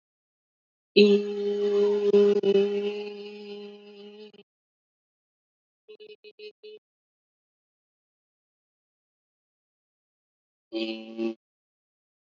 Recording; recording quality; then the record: sustained vowel as in made; excellent, no background noise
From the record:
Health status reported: healthy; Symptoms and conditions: fever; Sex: female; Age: 20 years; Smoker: not ticked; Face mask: not worn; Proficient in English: yes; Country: India